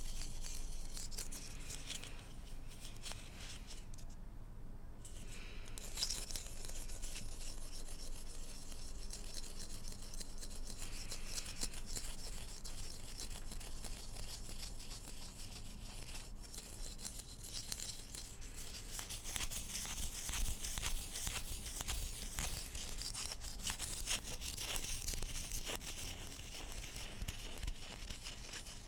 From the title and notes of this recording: Mainly glass and metals. Salt shakers.